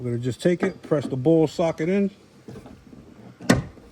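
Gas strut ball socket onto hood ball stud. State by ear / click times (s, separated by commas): seated / 3.5 s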